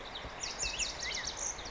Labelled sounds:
Lazuli Bunting
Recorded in Sonoma County, California

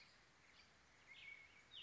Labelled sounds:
American Robin
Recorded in Sonoma County, California

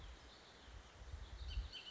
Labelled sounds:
Bullock's Oriole
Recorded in Sonoma County, California

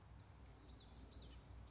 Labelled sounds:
Common Yellowthroat
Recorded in Sonoma County, California

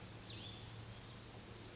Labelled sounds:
Cassin's Vireo
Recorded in Sonoma County, California

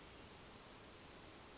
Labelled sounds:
Brown Creeper
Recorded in Sonoma County, California

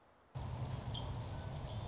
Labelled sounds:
Orange-crowned Warbler
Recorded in Sonoma County, California

